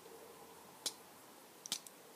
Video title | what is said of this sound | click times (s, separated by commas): HGUC 1:144 scale Gabthley part 2 - transformation | two clicks uh you won't be able to swivel forward and back anymore | 0.9 s, 1.7 s